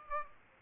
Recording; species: mosquito wingbeat signal from an infrared sensor; Aedes aegypti